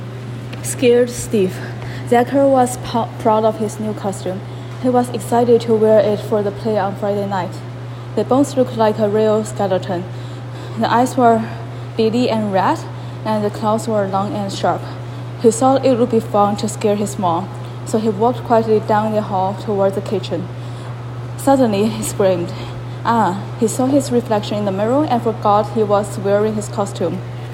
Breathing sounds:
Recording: reading aloud after running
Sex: female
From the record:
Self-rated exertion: vigorous exertion (4 of 6)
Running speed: 9 miles an hour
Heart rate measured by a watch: 146 beats a minute at the start, 128 at the end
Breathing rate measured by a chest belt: 29 breaths a minute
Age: 28 years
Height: 155 cm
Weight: 44 kg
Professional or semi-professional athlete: no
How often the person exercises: 3 to 5 times a week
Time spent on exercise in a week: over 5 hours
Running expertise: yes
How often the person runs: 3 to 5 times a week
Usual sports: running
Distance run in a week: 45 km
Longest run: 32 km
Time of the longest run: 200 minutes

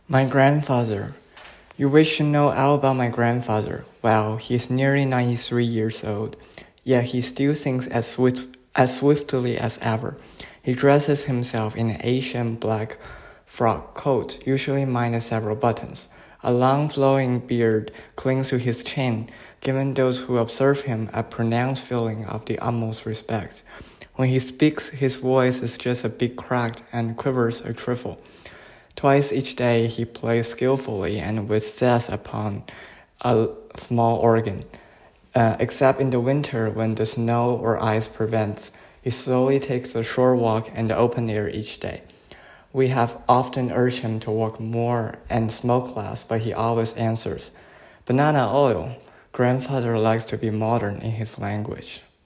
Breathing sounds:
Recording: reading aloud after running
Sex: male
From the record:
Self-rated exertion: moderate exertion (3 of 6)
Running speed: 9 miles an hour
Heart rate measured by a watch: 105 beats a minute at the start, 103 at the end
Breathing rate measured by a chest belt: 16 breaths a minute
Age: 24 years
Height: 175 cm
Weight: 56 kg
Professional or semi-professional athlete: no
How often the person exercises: over 5 times a week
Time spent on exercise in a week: over 5 hours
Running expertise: yes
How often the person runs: over 5 times a week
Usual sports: running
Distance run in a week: 60 km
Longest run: 43 km

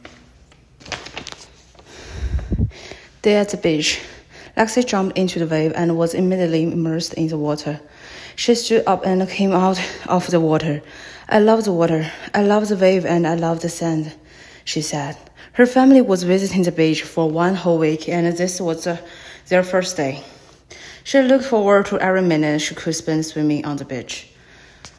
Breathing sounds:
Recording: reading aloud after running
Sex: female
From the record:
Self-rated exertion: moderate exertion (3 of 6)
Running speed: 7 miles an hour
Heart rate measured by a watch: 123 beats a minute at the start, 120 at the end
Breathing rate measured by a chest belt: 14 breaths a minute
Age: 23 years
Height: 163 cm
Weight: 70 kg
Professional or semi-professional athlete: no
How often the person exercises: 1 to 2 times a week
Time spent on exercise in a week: 1 to 2 hours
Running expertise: no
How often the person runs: 1 to 2 times a week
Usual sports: running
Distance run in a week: 7 km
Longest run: 7 km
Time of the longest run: 50 minutes

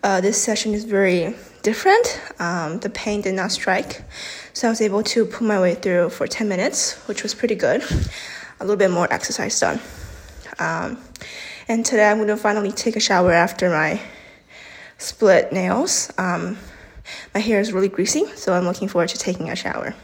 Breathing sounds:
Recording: free speech after running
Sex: female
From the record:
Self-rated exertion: moderate exertion (3 of 6)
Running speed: 5 miles an hour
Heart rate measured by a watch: 139 beats a minute at the start, 140 at the end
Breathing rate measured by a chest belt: 11 breaths a minute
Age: 18 years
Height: 171 cm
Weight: 75 kg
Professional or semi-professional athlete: no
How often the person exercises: 1 to 2 times a week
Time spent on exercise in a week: under 1 hour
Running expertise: no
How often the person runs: 1 to 2 times a week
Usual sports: running, fencing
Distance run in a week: 3 km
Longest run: 21.3 km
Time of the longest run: 190 minutes

